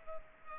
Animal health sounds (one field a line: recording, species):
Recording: mosquito wingbeat signal from an infrared sensor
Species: Culex pipiens